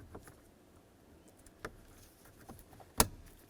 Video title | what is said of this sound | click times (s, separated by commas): How to Replace Ignition Starter Switch 2003-07 Chevy Silverado | Nice click. Make sure it's secure. | 3.0 s